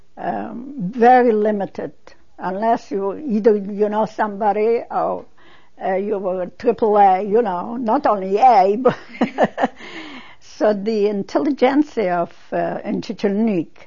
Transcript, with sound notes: Um, very limited, unless you, either you know somebody or you were triple A, you know. Not only A, but,, (she laughs) so the intelligentsia in Chechelnik,